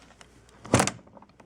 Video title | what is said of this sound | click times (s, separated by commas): FF GPS installation on Slayer Propel 10 | accessory that just snaps | 0.7 s, 0.9 s